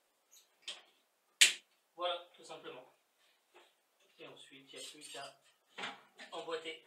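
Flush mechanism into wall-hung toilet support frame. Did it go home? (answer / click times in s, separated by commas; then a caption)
yes / 1.4 s. A flush mechanism is positioned in a Wirquin Chrono wall-hung toilet support frame and clipped in. A faint tap comes at 0.3 s, then one sharp click at 1.4 s as it seats, and someone talks throughout.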